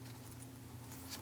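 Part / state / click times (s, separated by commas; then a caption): red connector position-assurance lock tab into the connector housing / not seated / none. A red plastic position-assurance lock tab is pushed back into the brake light switch connector housing on a 2003-2025 Chevrolet Express 2500. Faint handling rustles and a brief soft tick sit over a steady low hum. The clip ends before the part goes home, so nothing has seated or clicked yet.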